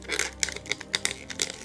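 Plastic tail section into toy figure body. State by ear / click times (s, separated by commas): not seated / none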